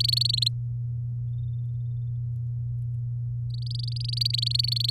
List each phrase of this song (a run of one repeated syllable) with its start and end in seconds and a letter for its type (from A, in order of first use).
0.00-0.48 A, 3.54-4.90 A